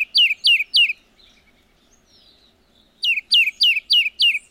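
Tufted titmouse whistled calls: bright downslurred notes in a quick group of three, then a pause, then a run of six similar notes.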